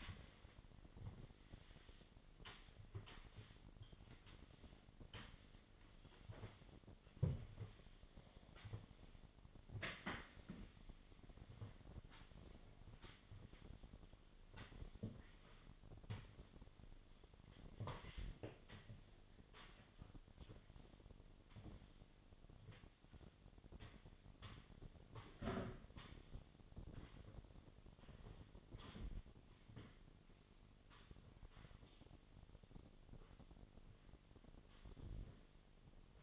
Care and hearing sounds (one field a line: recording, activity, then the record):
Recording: daily activity, microphone in the room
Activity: sweep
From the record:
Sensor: 4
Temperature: 28.5 degrees Celsius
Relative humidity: 34.1%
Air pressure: 1007.8 hPa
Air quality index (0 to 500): 192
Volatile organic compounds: 6 ppm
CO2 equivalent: 1922 ppm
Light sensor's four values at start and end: 21/67/25/25 and 23/72/28/27